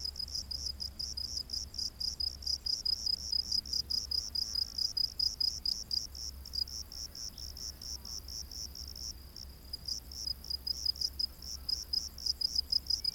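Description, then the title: Cricket giving a long steady series of high pulsed chirps, rhythm briefly broken then resumed. Crickets recorded during the day. "grillos de dia"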